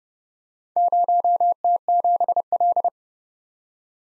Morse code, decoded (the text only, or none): 0T7L